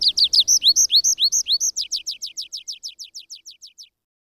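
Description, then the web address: Tree pipit song phrase: slower looping notes speeding into a fast, fading series of descending high notes. "agykontroll Madardalok Cd 2. Erdei pityer"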